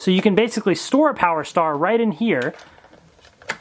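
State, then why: Seated. Someone talks, then a plastic ninja throwing star is pushed into the storage and launch slot on top of a plastic toy bow weapon. A short cluster of sharp plastic clicks follows, and the star clicks into place at 3.5 seconds.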